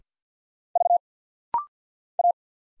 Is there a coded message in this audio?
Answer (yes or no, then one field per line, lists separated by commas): yes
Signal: Morse code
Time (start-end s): 0.8-2.3 s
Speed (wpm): 50 wpm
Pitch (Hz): 700 Hz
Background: none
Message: V A